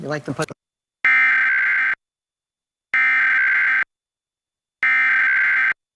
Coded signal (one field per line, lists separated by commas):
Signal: Emergency Alert System (SAME) tones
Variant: header bursts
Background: speech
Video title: National EAS Test in Pittsburgh Pennsylvania. 10/4/2023.